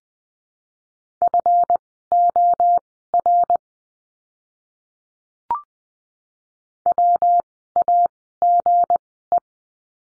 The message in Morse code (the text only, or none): FOR WAGE